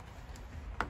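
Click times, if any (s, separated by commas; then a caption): 0.8 s. A connector is pushed back into place on the fuel pump assembly of a Honda Foreman 520 ATV during the pump install. A single sharp click is heard at 0.8 s over a low background hum. The connector is seated.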